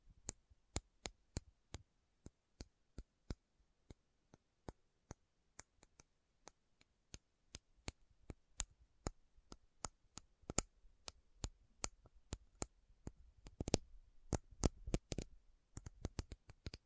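Sharp metal taps ring out one at a time, each short and bright, with near silence between them. The rhythm is slow and fairly even at first, then grows a little quicker and busier after the midpoint. Around fourteen seconds, rougher scraping rattles join the taps.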